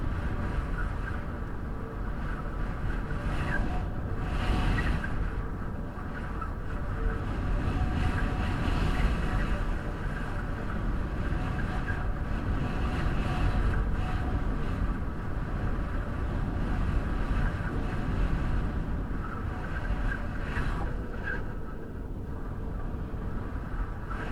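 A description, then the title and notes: Whistling wind in Reykjavík, Iceland, a thick low roar that holds steady for the whole stretch. Faint thin tones hover above the rumble. Brief harsher gusts rise around five, nine and twenty-one seconds before settling back. Whistling wind, Reykjavík, Iceland.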